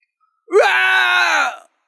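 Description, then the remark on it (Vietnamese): A single low, roaring howl, voiced by a person, swells up in pitch at the start, then holds steady and strong for about a second before cutting off. “Một tiếng gào thét trầm thấp truyền đến.”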